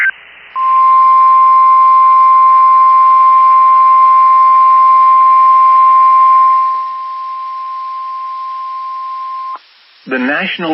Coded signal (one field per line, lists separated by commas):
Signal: Emergency Alert System (SAME) tones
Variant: 1050 Hz attention tone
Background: speech